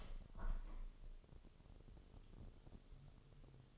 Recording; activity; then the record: daily activity, microphone in the room; open window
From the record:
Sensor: 4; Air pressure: 1015.8 hPa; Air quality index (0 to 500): 78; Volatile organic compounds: 1 ppm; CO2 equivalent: 866 ppm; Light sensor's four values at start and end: 9/20/8/7 and 9/20/8/7